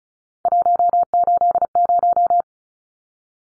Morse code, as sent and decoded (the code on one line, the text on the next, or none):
.---- ---.. -----
180